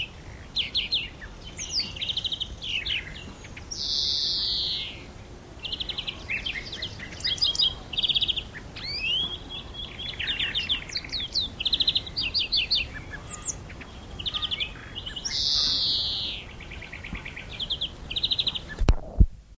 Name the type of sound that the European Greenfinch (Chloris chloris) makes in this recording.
song